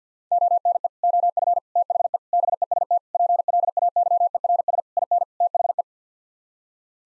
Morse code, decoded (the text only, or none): ONE OF THE BEST PLAYERS IN THE